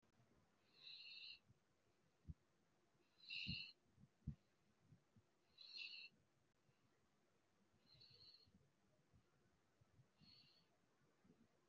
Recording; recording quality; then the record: deep breathing; excellent, no background noise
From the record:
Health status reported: respiratory illness, not identified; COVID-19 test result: not tested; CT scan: not taken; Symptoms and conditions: cough, cold, breathing difficulty, another respiratory illness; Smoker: yes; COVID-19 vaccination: both doses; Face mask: worn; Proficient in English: no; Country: India